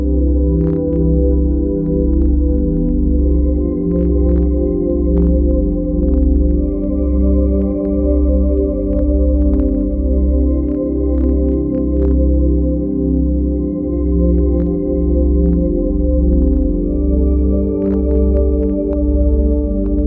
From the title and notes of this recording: Silent Subliminal Meditation ~ 1 Hz + 295.8 Hz + 528 Hz.